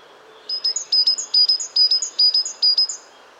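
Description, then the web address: Great tit, a steady strophe of several sharp, high teacher-like double notes lasting about two and a half seconds. "pub SETE data Parus major"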